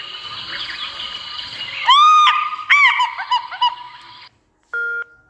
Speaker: Wat jy doen is jy vat jou klankleser, jy druk op die prentjie van die visarend en dan klink hy so.